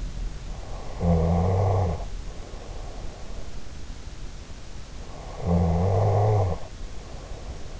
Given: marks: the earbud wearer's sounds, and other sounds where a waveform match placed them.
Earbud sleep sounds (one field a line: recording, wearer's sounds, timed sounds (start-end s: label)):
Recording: sounds in sleep by an in-ear microphone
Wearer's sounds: snoring breath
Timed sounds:
0.66-3.70 s: snoring breath
5.22-7.80 s: snoring breath